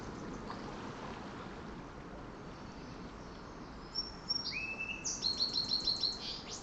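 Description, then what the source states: Sparrow song: a thin high whistle, a lower slurred note, then a fast trill, over constant surf noise. Distant sparrow singing near ocean shores.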